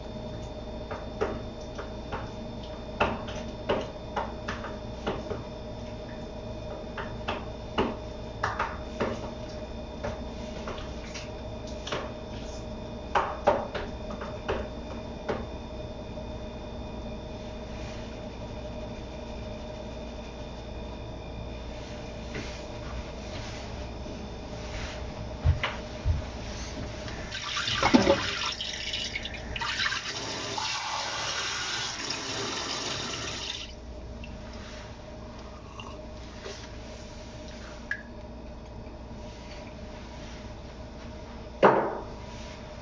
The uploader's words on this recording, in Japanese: キッチンでの物音。粕漬けを作るための粕床を作っています。